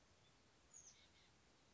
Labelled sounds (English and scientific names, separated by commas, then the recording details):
Oak Titmouse (Baeolophus inornatus)
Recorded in Sonoma County, California